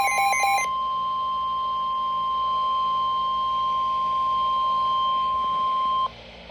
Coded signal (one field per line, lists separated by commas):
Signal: Emergency Alert System (SAME) tones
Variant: 1050 Hz attention tone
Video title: SVR EAS 170